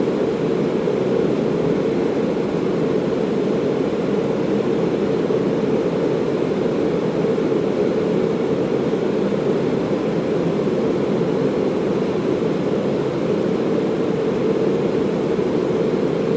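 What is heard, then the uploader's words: A factory furnace roars steadily, a dense, constant rumble with most of its weight in the low-middle range and a softer hiss above. The level holds even for the whole stretch, with a faint fluttering grain but no distinct events or pauses. In this episode, we present the steady and rhythmic sound of a factory furnace. The low and constant rumble of the furnace produces a calming white noise.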